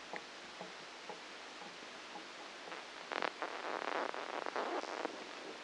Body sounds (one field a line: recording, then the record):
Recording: brain microelectrode recording played as sound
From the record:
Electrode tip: outside the subthalamic nucleus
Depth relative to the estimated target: -6 mm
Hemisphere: left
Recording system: NeuroSet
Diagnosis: Parkinson's disease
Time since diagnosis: 9 years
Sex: female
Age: 51 years